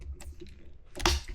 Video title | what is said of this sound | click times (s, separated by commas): Guida assoluta per cacciatori : Come installare un' ottica da tiro passo dopo passo! @VectorOptics | Sentito il click. | 1.1 s